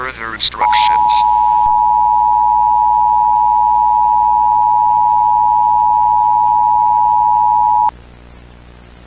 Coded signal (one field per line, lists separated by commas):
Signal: Emergency Alert System (SAME) tones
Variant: 853 and 960 Hz attention tone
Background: speech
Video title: EAS Scenario: The Forest Hive Mind Invasion - The Police Responce